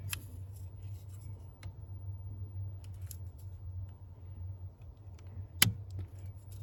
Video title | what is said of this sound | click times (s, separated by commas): Ford F150 Stuck In Park And Brake Lights Not Working How To Fix | Okay, that just clicked into place. | 5.6 s